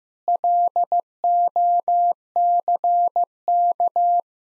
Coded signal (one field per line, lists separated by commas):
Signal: Morse code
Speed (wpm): 15 wpm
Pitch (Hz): 700 Hz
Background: none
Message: LOCK